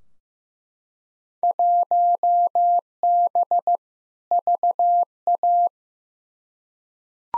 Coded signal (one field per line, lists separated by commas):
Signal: Morse code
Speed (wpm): 15 wpm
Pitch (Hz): 700 Hz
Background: none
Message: 1B VA